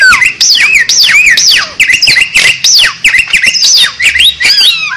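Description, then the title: Bali myna song: a fast, continuous run of loud swooping, harsh whistled notes repeated in quick succession. Bali myna song used as a master for training other birds into champion singers, described as an unusual voice. "Masteran Jalak Bali Yang BERSUARA UNIK Untuk Gacoran Juara"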